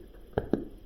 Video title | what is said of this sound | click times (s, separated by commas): Scion IQ Front Axle Boot Replace | that snaps in just like that. You can you hear it click in place. | 0.4 s, 0.5 s